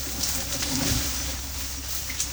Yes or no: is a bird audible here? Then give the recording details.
no. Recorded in pastures near Puerto Asís, Putumayo, Colombia, on 21 March 2025 at 12:00. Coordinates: 0.497, -76.327. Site G072